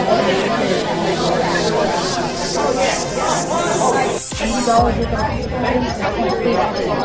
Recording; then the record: background sound without coughing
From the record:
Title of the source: Nightlife Party Simulating Party Club Noise 1 Hour